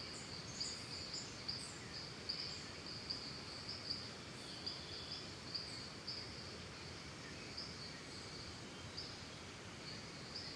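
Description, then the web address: Cricket chorus giving a steady high trill, broken by brief repeated bird chirps over a low continuous rushing background. Calm forest and jungle ambience with birds and crickets, Costa Rica. "Big Room Sound Birds Crickets Costa Rica"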